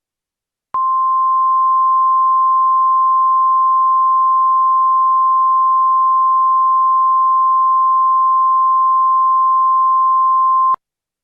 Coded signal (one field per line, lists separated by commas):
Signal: Emergency Alert System (SAME) tones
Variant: 1050 Hz attention tone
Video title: EAS Scenario - Nuclear War